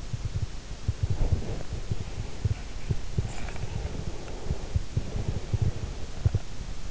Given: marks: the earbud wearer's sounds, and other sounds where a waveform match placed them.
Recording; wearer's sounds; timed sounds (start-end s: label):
sounds in sleep by an in-ear microphone; breath
0.72-2.95 s: breath
3.58-6.36 s: breath